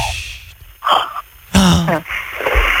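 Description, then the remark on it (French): A woman snores in rough, rattling breaths: a short raspy snort, then a louder buzzing one with a low throaty tone, followed by a softer wheezy exhale over faint background hiss. “Oh quelle horreur, elle ronfle, oh, je peux pas.”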